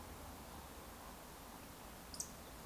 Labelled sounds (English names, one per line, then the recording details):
Eurasian Woodcock whistle
Eurasian Woodcock croak
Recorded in Baden-Württemberg, Germany, on 18 June 2021 at 19:27 UTC
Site 49334, 1074 m above sea level